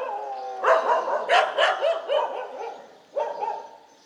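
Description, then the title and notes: Dog barking in a quick run of harsh barks, a brief lull, then another short bark. Several dogs barking together in morning street ambience on Mission Street, MG Road area, Puducherry, India. "WRMJ+487, Mission St, MG Road Area, Puducherry, 605001, Inde - Concert de chiens. Ambiance matinale sur Mission Street - Concert de chiens. Prise de sons : JF CAVRO"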